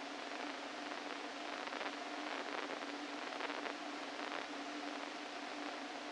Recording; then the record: brain microelectrode recording played as sound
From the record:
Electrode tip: inside the subthalamic nucleus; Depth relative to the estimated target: -1 mm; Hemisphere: left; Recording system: NeuroSet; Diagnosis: Parkinson's disease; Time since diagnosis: 13 years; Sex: male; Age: 49 years